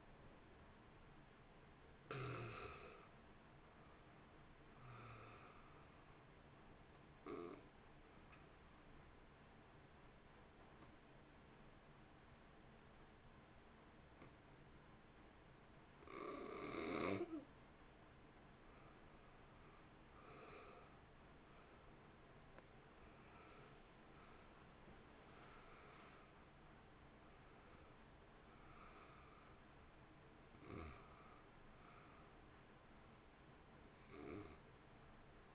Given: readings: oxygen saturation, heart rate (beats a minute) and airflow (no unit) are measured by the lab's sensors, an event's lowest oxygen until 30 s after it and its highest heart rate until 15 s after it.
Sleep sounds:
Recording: breathing in sleep by a voice recorder at the bedside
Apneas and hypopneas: 1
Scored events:
6.00-35.55 s: new sleep stage, N2 (light sleep)
9.00-23.50 s: hypopnea (N2, oxygen 94% highest, then 85% lowest, heart rate 56 at the start, 66 highest)
From the record:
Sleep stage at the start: N1 (lightest sleep)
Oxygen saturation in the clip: 82 to 94%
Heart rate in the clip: 52 to 66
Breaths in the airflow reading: 11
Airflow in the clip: -2.8 to 2.4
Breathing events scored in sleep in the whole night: 328 in 6.3 hours asleep

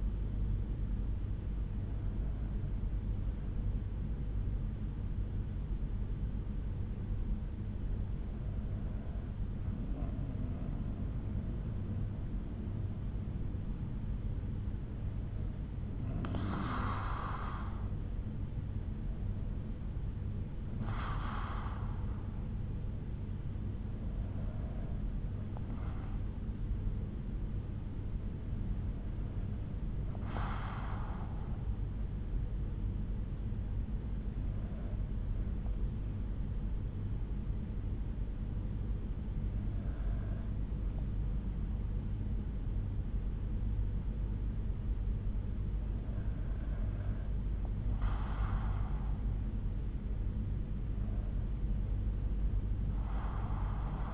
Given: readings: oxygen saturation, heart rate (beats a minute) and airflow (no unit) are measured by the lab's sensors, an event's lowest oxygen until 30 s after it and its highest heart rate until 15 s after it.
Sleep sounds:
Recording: breathing in sleep by a smartphone at the bedside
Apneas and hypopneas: 1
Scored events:
14.00-46.40 s: hypopnea (N2, oxygen 96% highest, then 93% lowest, heart rate 63 at the start, 68 highest)
From the record:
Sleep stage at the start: N2 (light sleep)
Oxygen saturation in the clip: 94 to 96%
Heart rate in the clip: 59 to 76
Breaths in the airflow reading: 10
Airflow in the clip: -7.0 to 6.0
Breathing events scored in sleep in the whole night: 368 in 8.0 hours asleep

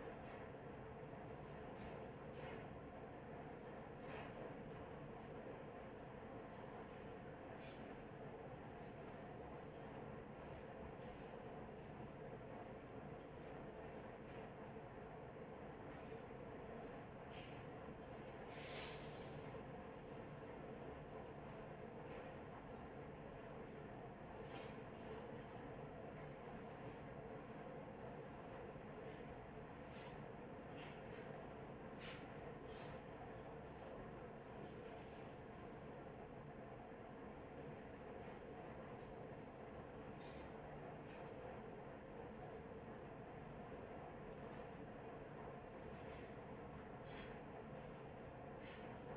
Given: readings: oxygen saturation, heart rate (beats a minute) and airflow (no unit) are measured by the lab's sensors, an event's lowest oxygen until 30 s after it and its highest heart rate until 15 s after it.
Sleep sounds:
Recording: a person awake in a sleep study, by a smartphone at the bedside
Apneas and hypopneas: none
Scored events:
0.00-49.17 s: awake
0.00-49.17 s: awake
From the record:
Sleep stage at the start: awake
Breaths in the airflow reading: 22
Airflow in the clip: -0.7 to 0.7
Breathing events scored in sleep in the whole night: 263 in 5.5 hours asleep

